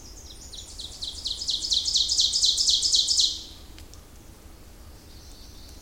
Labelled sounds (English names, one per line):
Ovenbird song